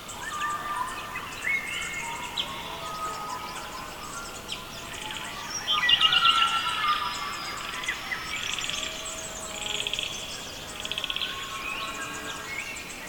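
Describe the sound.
Mixed birdsong chorus of whistles, trills and chirps, with a louder burst of song about six seconds in and shorter phrases after.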